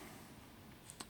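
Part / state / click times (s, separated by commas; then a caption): film back magazine onto medium format camera body / seated / 0.9 s, 1.0 s. A film back magazine is hooked onto the top knobs of a Zenza Bronica SQ-A medium format camera body, and then its bottom is pressed in. Over a low steady background, two short clicks sound at 0.9 s and 1.0 s, the second one louder. The magazine latches and is seated in place.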